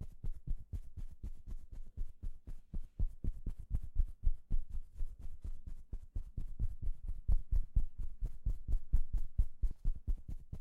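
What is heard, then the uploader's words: Makeup sounds with no talking: a quick, steady run of soft taps, roughly four or five every second, for the whole stretch. Each tap is mostly low and thumpy with a brief crisp edge. Between taps there is only a faint low hush. ASMR Doing Your Makeup , Pure Sounds , No Talking.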